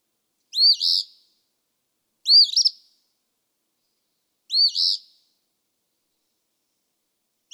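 Eastern phoebe repeating its scratchy two-note song three times with short pauses, a fourth phrase starting at the very end.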